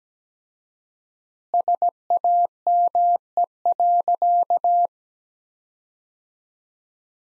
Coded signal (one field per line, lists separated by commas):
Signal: Morse code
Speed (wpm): 17 wpm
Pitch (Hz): 700 Hz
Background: none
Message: SAME.